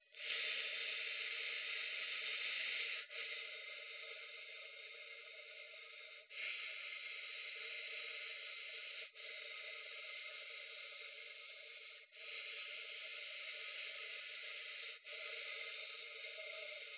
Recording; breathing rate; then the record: paced breathing near a phone; 10 breaths a minute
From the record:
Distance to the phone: 20 cm